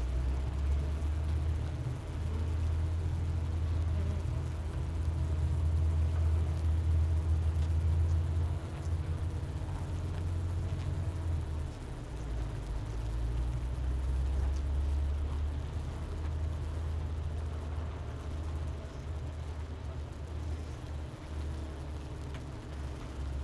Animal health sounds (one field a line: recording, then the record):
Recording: honeybee colony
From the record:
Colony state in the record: missing queen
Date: 31 May 2018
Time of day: 10:34